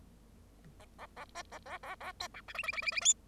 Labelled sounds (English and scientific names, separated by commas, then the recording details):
Bengalese Finch (Lonchura striata domestica) song
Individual Bird0